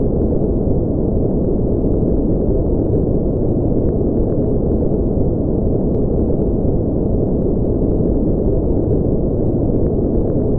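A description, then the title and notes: A steady, dense roar of plane noise fills the whole clip, deep and muffled, with almost nothing above the low and middle range. The rumble holds an even level throughout, with faint ticks and small pops showing through now and then. Plane Sounds: A White Noise from the Sky. Plane noises, plane sounds, white noise.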